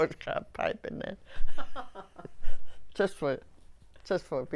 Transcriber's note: they laugh